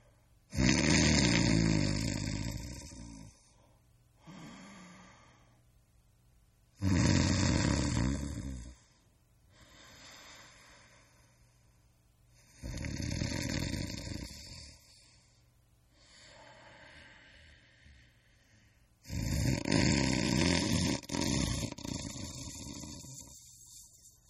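Loud, rough, low-pitched snores come on each breath in, about every six seconds (roughly 10 a minute), with softer breathy noise on each breath out. This is an ordinary human snoring sound effect.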